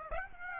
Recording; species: mosquito wingbeat signal from an infrared sensor; Aedes aegypti